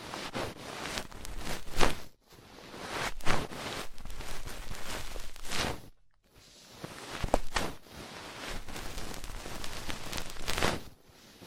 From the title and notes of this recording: ASMR Deep Ear Treatment for Sleep (No Talking).